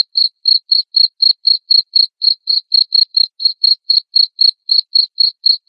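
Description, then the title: Cricket chirping in a regular series of short high pulses, roughly four per second, over silence. Loud cricket chirping (ngerik) played to make lovebirds sing continuously (ngekek). "Suara JANGKRIK NGERIK Keras Bikin LOVEBIRD Jadi NGEKEK Terus Vubey"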